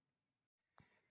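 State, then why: Not seated. A clock spring assembly is being handled while it is pushed back onto the steering column switch housing (stalk housing) of a Kia or Hyundai during a fog light switch repair. Low background noise is broken by a short silent gap around 0.5 s, then a sharp handling knock at 0.8 s followed by rustling. Nothing has seated or clicked yet; the plastic clip has not gone home.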